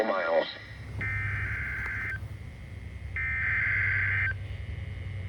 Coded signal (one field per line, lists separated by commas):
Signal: Emergency Alert System (SAME) tones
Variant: header bursts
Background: speech